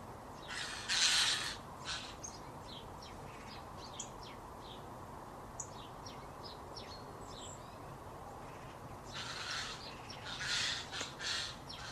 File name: Garrulus glandarius